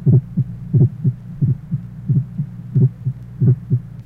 Age 40, normal splitting of the first heart sound, mitral area.